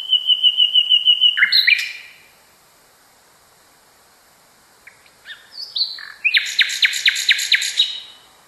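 Nightingale song: a fast repeated whistle and buzzy notes, then silence, then scattered notes building into a loud pulsing trill.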